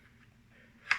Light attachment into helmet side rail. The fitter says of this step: qui se clipse très facilement hein.